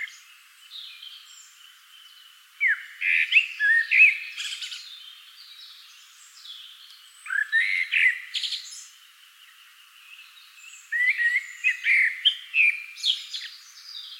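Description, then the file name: Common blackbird song: three fluty, warbled phrases, each ending in a higher squeaky twitter, about four seconds apart. "Turdus merula"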